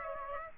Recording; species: mosquito wingbeat signal from an infrared sensor; Aedes aegypti